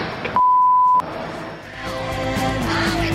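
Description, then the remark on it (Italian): A single loud, steady high-pitched censorship bleep cuts in for about half a second, masking a blasphemous swear word in a recorded broadcast segment, while busy voiced sound carries on before and after it. “Vabbè, il pezzetto è questo, col bip sulla bestemmia, ovviamente.”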